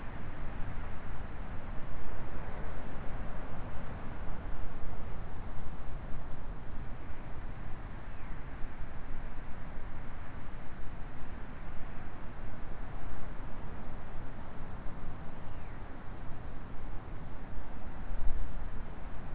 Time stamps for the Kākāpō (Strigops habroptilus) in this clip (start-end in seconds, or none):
none